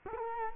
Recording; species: mosquito wingbeat signal from an infrared sensor; Culex quinquefasciatus